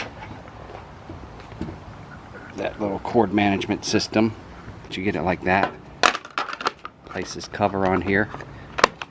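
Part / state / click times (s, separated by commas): plastic cord cover onto robot vacuum charging dock base / not seated / none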